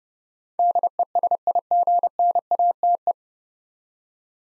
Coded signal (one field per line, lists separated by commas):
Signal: Morse code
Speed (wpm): 30 wpm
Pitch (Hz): 700 Hz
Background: none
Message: DESIGNATE